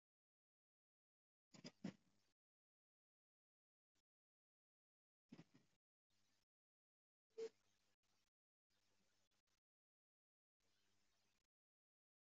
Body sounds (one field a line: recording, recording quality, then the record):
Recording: deep breathing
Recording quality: moderate, slight background noise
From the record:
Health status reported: healthy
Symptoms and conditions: none ticked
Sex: female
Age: 40 years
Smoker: not ticked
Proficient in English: no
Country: India